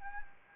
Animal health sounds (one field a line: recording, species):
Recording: mosquito wingbeat signal from an infrared sensor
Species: Anopheles arabiensis